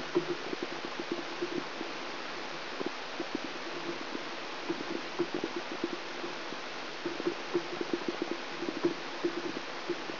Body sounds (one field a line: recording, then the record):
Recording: brain microelectrode recording played as sound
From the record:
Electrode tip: outside the subthalamic nucleus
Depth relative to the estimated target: -1 mm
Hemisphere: left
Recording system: AlphaMap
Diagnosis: Parkinson's disease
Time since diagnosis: 10 years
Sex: male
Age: 47 years